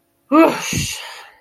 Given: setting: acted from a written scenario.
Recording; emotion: vocal sound without words; relief